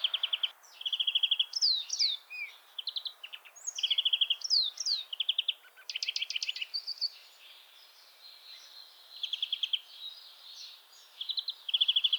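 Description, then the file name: European greenfinch in varied song: fast trills alternating with sweeping downslurred notes, changing pitch from phrase to phrase. "Chloris chloris"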